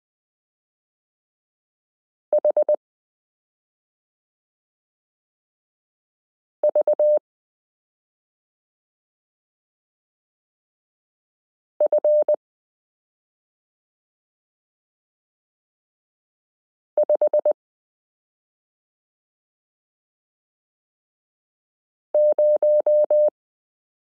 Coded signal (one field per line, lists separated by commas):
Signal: Morse code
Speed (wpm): 20 wpm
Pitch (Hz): 600 Hz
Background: none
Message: HVF50